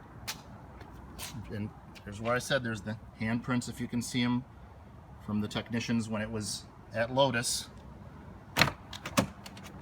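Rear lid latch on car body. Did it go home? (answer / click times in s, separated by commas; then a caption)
released / 8.6 s, 9.2 s. Someone talks, then the rear lid release on a 1998 Lotus Esprit classic sports car is operated. The rear lid latch on the car body clicks open twice, sharply at 8.6 s and 9.2 s, with a few fainter ticks around them, and the lid is released.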